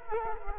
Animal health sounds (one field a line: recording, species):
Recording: mosquito wingbeat signal from an infrared sensor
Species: Culex quinquefasciatus